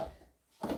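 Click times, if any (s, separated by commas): none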